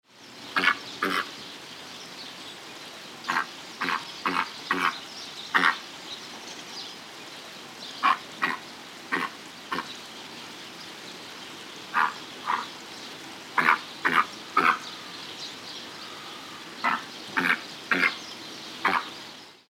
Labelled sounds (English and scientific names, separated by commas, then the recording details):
Great White Pelican (Pelecanus onocrotalus)
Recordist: Tembrock, Günter
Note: Rufe (wohl agonistisch)